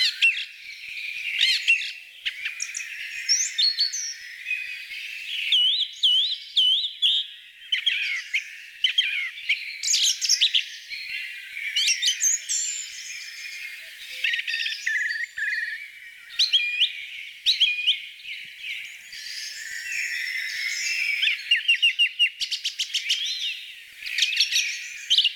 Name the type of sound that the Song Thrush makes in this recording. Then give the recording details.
song. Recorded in the wild. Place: Flögelner See, Schleswig-Holstein, DE. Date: 1987-05-28. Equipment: Alparon-Reflektor. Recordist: Schwarz, Dieter. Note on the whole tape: Song